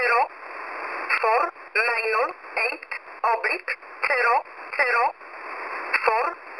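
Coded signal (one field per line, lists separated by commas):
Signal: numbers station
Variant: E11 Oblique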